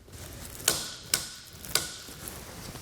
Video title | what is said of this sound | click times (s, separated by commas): etrailer - How to Set Up Your Yakima RidgeLine Roof Rack for Flush Rails on a 2019 Toyota Tacoma | you hear the three clicks we'll | 0.7 s, 1.1 s, 1.8 s